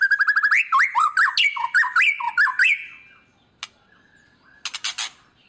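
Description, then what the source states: White-rumped shama song, a quick run of rising and falling whistles with short harsh chips, pausing before a few scratchy notes return near the end. Lure song of an actively singing ('gacor') murai batu, played to make other birds respond.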